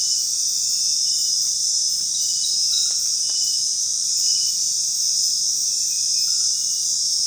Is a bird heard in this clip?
no